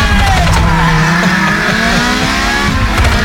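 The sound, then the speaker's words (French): A voice imitates a racing car engine, a loud, continuous buzzing drone with pitch that rises and dips like revving and shifting gears, lasting a few seconds without pause. “je sais pas lequel des deux était le meilleur entre la bombe et la voiture là”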